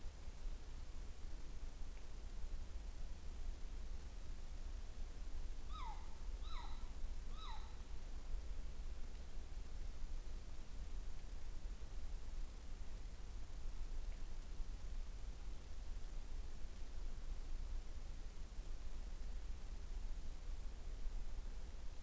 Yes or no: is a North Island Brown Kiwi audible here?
no